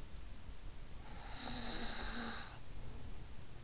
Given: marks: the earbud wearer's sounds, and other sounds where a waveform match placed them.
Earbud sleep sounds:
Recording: sounds in sleep by an in-ear microphone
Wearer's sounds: snoring breath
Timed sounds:
0.83-3.33 s: snoring breath

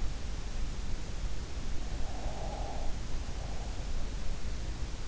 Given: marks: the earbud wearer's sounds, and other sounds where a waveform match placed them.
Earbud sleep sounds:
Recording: sounds in sleep by an in-ear microphone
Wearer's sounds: breath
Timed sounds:
2.09-3.77 s: breath

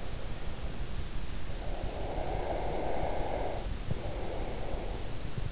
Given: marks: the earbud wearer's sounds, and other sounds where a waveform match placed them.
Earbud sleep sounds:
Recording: sounds in sleep by an in-ear microphone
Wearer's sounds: breath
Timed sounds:
1.47-5.07 s: breath

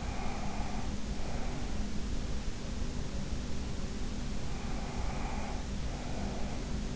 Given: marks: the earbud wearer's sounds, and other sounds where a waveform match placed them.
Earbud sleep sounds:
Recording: sounds in sleep by an in-ear microphone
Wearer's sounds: breath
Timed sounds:
0.00-1.77 s: breath
4.62-6.91 s: breath

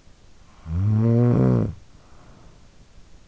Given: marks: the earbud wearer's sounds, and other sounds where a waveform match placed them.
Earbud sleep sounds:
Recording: sounds in sleep by an in-ear microphone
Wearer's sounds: snoring breath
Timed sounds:
0.29-3.18 s: snoring breath

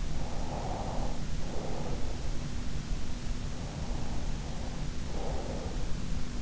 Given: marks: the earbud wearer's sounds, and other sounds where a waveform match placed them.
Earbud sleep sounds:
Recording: sounds in sleep by an in-ear microphone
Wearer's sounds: breath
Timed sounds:
0.35-2.14 s: breath
3.80-5.72 s: breath

